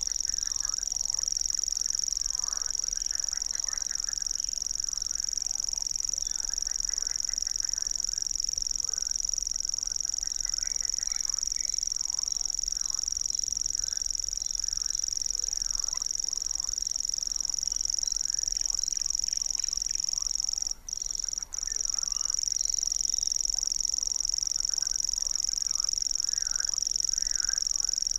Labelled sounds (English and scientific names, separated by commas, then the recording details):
Common Grasshopper Warbler (Locustella naevia) song
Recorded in the wild
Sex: male
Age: adult
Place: Gartz (Oder), Nationalpark Unteres Odertal, Brandenburg, DE
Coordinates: 53.1463, 14.366
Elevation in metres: 1
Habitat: meadow
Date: 2014-05-07 22:05
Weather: cloudy, 18°C, almost windless
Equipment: Sound Devices 702, Sennheiser MKH 70, Rycote Windschutz
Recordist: Frommolt, Karl-Heinz